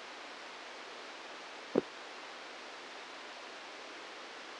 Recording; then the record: brain microelectrode recording played as sound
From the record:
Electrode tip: outside the subthalamic nucleus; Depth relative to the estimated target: 2 mm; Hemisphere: left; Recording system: NeuroSet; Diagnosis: Parkinson's disease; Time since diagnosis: 15 years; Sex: female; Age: 59 years